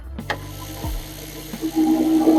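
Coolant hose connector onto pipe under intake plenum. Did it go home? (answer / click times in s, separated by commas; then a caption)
yes / 0.3 s. A coolant hose connector is pushed onto its pipe under the intake plenum of a BMW E92 M3 and clicks into place with a sharp, short snap at 0.3 s, over music. The connector is seated.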